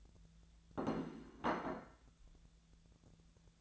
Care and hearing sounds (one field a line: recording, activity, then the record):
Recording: daily activity, microphone in the room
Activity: place plate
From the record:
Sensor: 3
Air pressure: 1000.3 hPa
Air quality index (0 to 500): 142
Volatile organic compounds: 2 ppm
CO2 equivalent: 1252 ppm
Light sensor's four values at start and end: 35/88/37/40 and 35/88/37/40